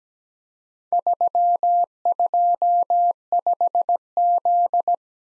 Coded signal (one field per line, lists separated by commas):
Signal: Morse code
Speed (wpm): 17 wpm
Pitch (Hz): 700 Hz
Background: none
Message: 325Z